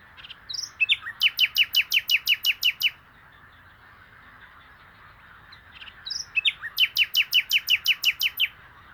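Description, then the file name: Common nightingale song: two phrases, each opening with a few scratchy notes then about ten loud, rapidly repeated, percussive chips, separated by a quiet pause. "Luscinia megarhynchos"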